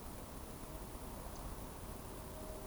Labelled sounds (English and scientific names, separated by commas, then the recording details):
Eurasian Woodcock (Scolopax rusticola) whistle
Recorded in Baden-Württemberg, Germany, on 25 June 2020 at 20:22 UTC
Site 24578, 122 m above sea level